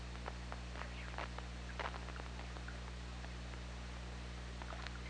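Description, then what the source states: Killer whale clicks, irregular, with a few short tonal squeaks, over a steady low hum and hiss. Recorded on the OrcaLab hydrophone on 24 August 2017 at 21:28.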